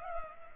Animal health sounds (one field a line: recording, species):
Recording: mosquito wingbeat signal from an infrared sensor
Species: Culex pipiens